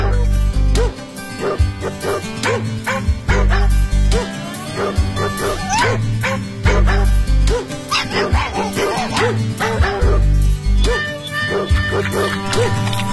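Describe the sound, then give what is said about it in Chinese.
A small spotted dog named Diandian barks and yips over and over in quick, high-pitched bursts, loud and insistent, with a steady low hum running underneath throughout. “点点是一只非常调皮的小花狗，爸爸妈妈非常非常疼爱它，从来不让它干重活，娇惯的点点养成了懒惰调皮的坏习惯。”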